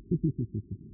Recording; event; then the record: neck accelerometer signal played as sound; no cough (speech, laughter, throat clearing or background)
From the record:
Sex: female